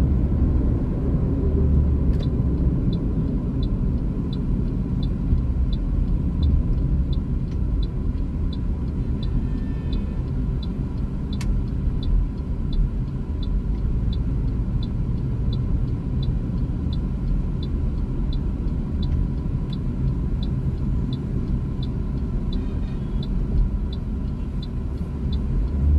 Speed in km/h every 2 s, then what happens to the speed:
56, 39, 33, 28, 23, 22, 24, 28, 29, 26, 20, 17, 18.
0-8 brakes to 23. 8-17 steady at about 24. 17-23 slows to 17.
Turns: 8-15, 17-20.